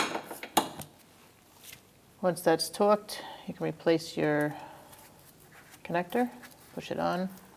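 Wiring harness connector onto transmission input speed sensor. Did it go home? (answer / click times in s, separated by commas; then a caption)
no / none. A wiring harness connector is handled at the new transmission input speed sensor on a 2012-2018 Ford Focus 2.0L L4, with a few sharp knocks near 0.4 s, 0.6 s and 0.8 s followed by someone talking. The connector is being readied to push on, but nothing has seated or clicked yet.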